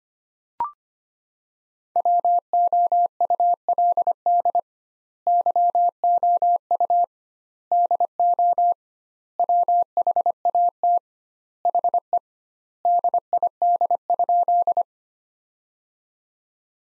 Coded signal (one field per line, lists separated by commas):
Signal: Morse code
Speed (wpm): 25 wpm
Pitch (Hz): 700 Hz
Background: none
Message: WOULD YOU DO WHAT HE DID?